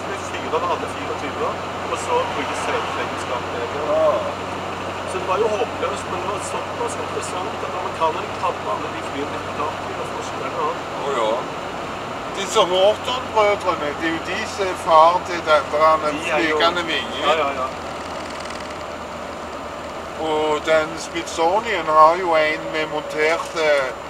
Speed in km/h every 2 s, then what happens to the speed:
82, 83, 84, 85, 83, 83, 79, 77, 71, 67, 65, 64.
0-10 steady at about 83. 10-24 slows to 64.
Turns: none.